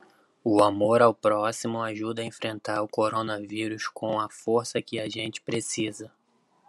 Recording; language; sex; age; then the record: spoken sentence; Brazilian Portuguese; male; 30 to 39 years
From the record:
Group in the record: control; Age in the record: 32 years